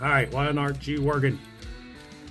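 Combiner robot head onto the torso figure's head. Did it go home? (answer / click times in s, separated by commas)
no / none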